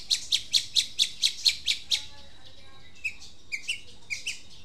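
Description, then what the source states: Long-tailed shrike song: a quick series of harsh, scratchy notes, then softer scattered chips against a low background hiss. Long-tailed shrike, known locally as cendet, singing in the song style called "super tembak".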